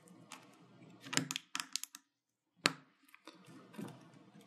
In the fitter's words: everything has snapped into place